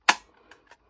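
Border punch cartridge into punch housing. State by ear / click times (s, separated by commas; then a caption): seated / 0.1 s. A border punch cartridge is slid into a plastic border maker housing, pegs sticking out and logo side in, and it clicks into place at 0.1 seconds with a sharp, bright snap. A few fainter ticks follow in the quiet afterward. The cartridge is seated.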